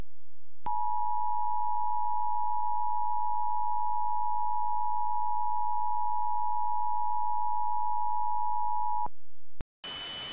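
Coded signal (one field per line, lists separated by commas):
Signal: Emergency Alert System (SAME) tones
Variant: 853 and 960 Hz attention tone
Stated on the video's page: Simulated scenario alert containing valid alert tones.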